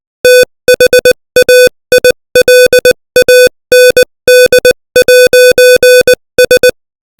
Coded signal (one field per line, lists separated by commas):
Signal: Morse code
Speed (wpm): 20 wpm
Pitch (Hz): 500 Hz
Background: music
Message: THAILAND'S